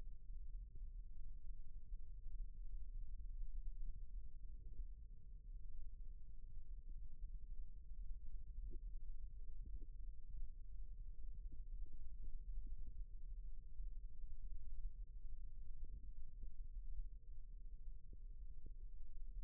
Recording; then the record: forearm muscle sounds (acoustic myography)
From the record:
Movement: rest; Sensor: system 1, eight BSWA MPA416 microphones around the upper forearm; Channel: 6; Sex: female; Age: 20 years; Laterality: right